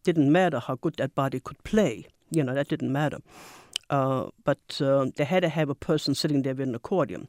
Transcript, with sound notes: Didn't matter how good that body could play. You know, that didn't matter. [sniffs] But they had to have a person sitting there with an accordian.